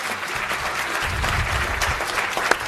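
audience applause

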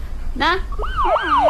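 police car siren

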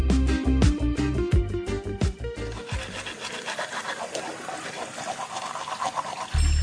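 water running

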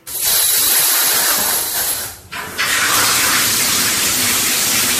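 shower water spraying

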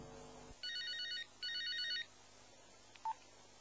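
telephone ringing

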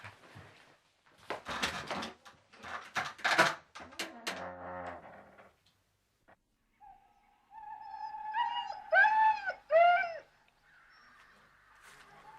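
dogs whimpering

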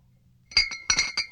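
glass bottles clinking

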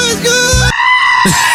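goat bleating

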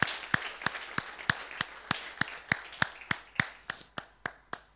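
audience applause

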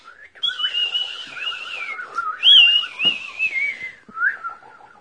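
birds singing

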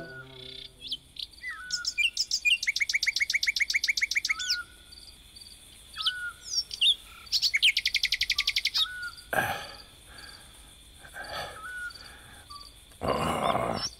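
nightingale singing

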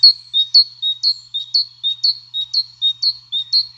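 great tit song

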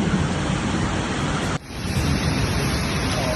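heavy wind-driven rain

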